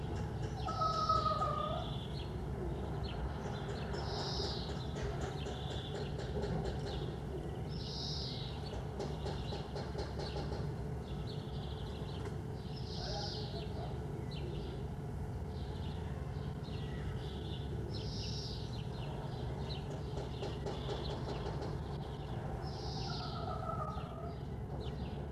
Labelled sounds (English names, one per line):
Corsac Fox barking